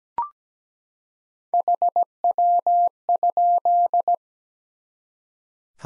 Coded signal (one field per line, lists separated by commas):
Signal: Morse code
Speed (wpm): 17 wpm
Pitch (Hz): 700 Hz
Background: none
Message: HW?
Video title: Top 20 QSO Elements 17wpm